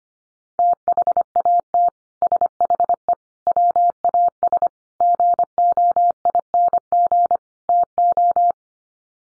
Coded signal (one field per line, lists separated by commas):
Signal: Morse code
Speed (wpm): 25 wpm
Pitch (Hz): 700 Hz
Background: none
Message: THAT SHE WAS GOING TO